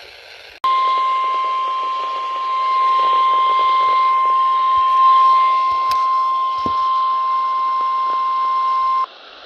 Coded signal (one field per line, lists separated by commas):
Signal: Emergency Alert System (SAME) tones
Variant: 1050 Hz attention tone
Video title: STORMS IN THE NORTH... EAS Alerts from 7/25/22 (EAS #1,095-1,125)